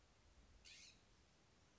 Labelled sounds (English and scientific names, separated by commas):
Blue-gray Gnatcatcher (Polioptila caerulea)